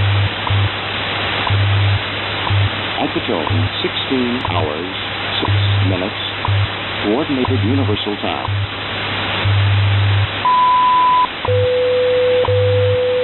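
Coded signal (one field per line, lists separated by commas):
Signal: radio time signal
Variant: WWV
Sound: static with low pulsing hum, voice announcement, short 1 kHz beep, then steady lower tone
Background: radio static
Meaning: The 0.8-second 1000 Hz tone marks the start of a new minute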